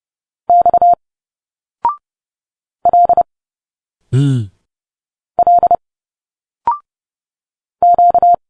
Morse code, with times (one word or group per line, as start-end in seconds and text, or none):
0.5-0.9 X
2.9-3.2 L
5.4-5.8 L
7.8-8.3 Q